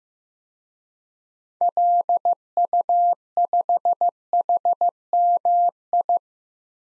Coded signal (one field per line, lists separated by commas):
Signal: Morse code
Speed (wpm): 15 wpm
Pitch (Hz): 700 Hz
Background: none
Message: LU5HMI